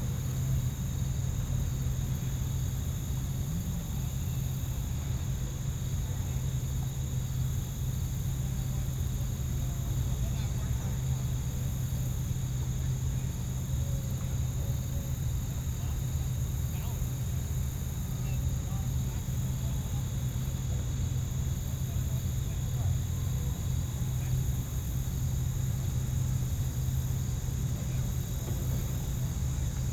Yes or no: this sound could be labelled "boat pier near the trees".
yes